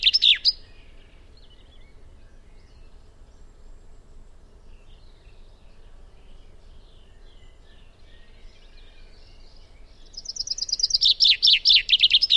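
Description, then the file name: Common chaffinch: the end of one song phrase, a long near-silent pause, then a new song phrase begins. "Fringilla coelebs"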